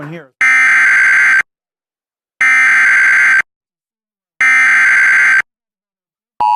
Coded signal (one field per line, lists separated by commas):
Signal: Emergency Alert System (SAME) tones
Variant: header bursts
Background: speech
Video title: [EAS #18] Severe Thunderstorm Warning (NJTV)